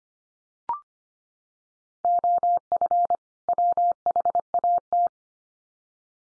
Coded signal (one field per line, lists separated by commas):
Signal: Morse code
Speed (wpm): 25 wpm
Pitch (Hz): 700 Hz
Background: none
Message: OF WHAT